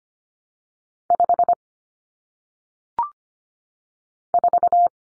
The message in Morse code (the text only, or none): 5 4